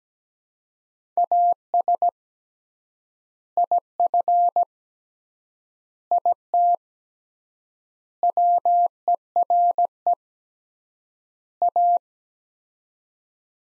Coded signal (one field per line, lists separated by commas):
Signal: Morse code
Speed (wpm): 17 wpm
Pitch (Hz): 700 Hz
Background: none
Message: AS IF IT WERE A